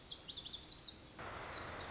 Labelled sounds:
Lazuli Bunting (Passerina amoena)
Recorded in Sonoma County, California

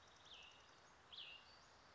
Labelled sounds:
Cassin's Vireo (Vireo cassinii)
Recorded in Sonoma County, California

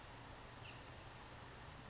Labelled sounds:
California Towhee (Melozone crissalis)
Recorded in Sonoma County, California

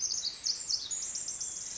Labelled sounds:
Pacific Wren (Troglodytes pacificus)
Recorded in Sonoma County, California

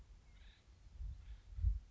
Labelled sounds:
Acorn Woodpecker (Melanerpes formicivorus)
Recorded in Sonoma County, California

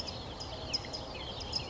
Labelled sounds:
California Towhee (Melozone crissalis)
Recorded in Sonoma County, California

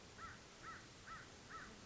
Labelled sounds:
American Crow (Corvus brachyrhynchos)
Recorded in Sonoma County, California

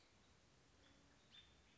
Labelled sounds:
American Robin (Turdus migratorius)
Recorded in Sonoma County, California

